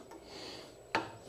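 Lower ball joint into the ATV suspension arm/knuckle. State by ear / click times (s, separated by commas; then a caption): not seated / none. A metal lower ball joint is being driven into its bore in the suspension arm/knuckle of a Honda TRX400FA Rancher ATV with a hammer. Quiet handling and rubbing noise is followed by one sharp hammer tap at about 0.9 s. Nothing has seated yet.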